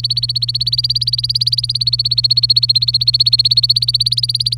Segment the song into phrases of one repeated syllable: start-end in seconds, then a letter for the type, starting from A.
0.00-4.57 A